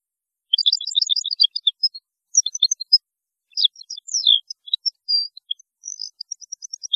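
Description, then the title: European goldfinch singing a steady stream of bright, tinkling chirps and slurred notes with short trills, carrying on throughout. "Chant Chardonneret"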